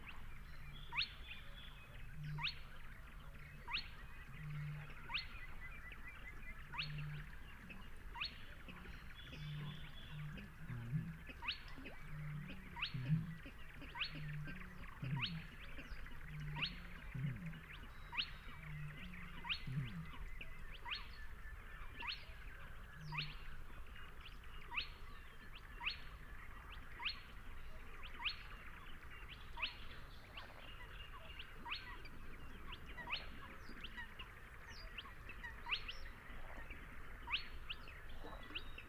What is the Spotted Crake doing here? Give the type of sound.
song